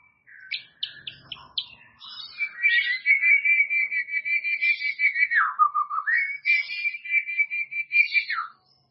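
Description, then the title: White-rumped shama song: a brief jumble of sharp notes leading into a long fluttering whistled trill that dips lower, then rises again. "murai batu"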